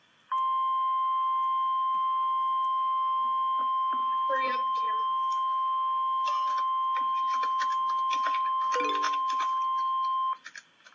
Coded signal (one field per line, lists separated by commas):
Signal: Emergency Alert System (SAME) tones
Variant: 1050 Hz attention tone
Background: speech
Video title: REAL EAS 287-Severe thunderstorm warning